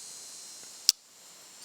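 The steel blade of a Rough Rider two-blade trapper pocket knife with a bone handle is worked, and the backspring snaps it into position in the handle with a single sharp crack at 0.9 s. A faint tick comes just before, over a steady high hiss. The blade is seated.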